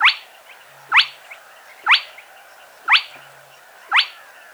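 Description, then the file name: Spotted crake giving a series of sharp, rising whip-like notes about a second apart, with a faint low hum twice. Played back. "Plettet roervagtel"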